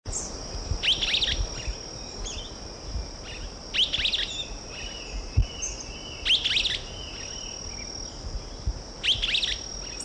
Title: LuckyPassaro Completos2Sama. Streaked Flycatcher (Myiodynastes maculatus solitarius (ssp assumed from location))